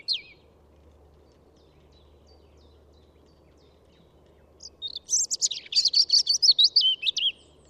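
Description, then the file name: European robin song: a thin high note at the start, then after a long pause a rapid tumbling phrase of sweet high warbles and trills, with faint low background hum. "Pettirosso"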